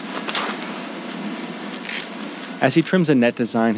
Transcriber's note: soundbite of net tearing